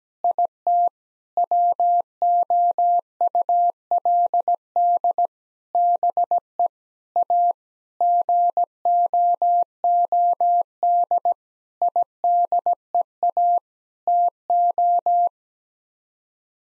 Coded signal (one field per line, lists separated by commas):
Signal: Morse code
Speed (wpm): 17 wpm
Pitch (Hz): 700 Hz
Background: none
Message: IT WOULD BE A GOOD IDEA TO